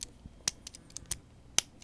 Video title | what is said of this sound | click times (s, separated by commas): Transformers Animated Activators Optimus Prime | back around and in lock | 1.6 s